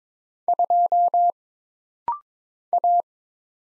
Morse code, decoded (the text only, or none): 2 A